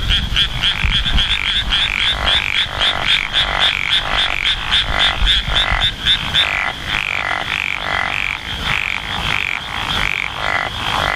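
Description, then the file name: Japanese wrinkled frog calling with repeated rasping croaks, a quick pulsed high series early on, then slower scattered notes, over a continuous high-pitched drone. "tsuchigaeru"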